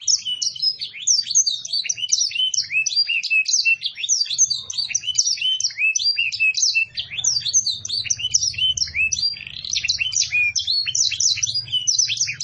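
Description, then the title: Canary singing continuously, dense chattering trills and sweeping high notes running without pause, over a faint low rumble. Canary singing in the cengkok mewah song style, described as a clear voice. "Cengkok Kenari Mewah. kenari CENGKOK MEWAH suara jernih"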